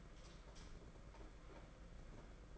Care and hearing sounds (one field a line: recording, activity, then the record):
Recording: daily activity, microphone in the room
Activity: light off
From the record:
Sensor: 5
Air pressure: 992.1 hPa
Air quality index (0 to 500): 201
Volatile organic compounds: 1000 ppm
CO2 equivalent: 5788 ppm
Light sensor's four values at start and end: 8/19/8/8 and 8/19/7/8